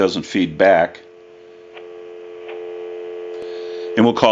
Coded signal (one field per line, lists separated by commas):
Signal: telephone call progress tone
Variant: North America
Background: speech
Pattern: dial tone